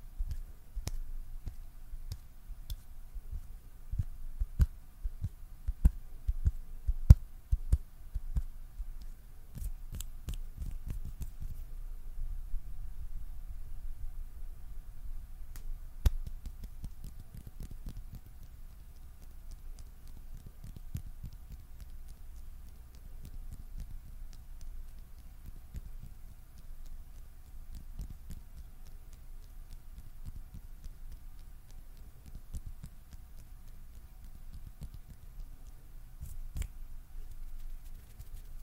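Mouth sounds in soft, irregular clicks and taps over a low rumble, busier and louder in the first twelve seconds, then sparser and quieter.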